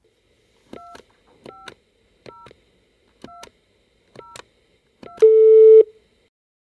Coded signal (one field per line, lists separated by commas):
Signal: DTMF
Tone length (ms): 180 ms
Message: 250202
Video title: In ETERNITY GE using a Laptop and a Single Line Telephone